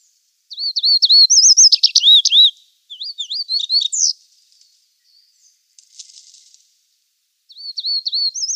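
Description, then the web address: Chestnut bunting song: high, thin, sweet phrases of looping slurred notes, sung in two bursts with a brief pause, then a new phrase begins near the end; quiet background. "Schulze Peter Chestnut Bunting song"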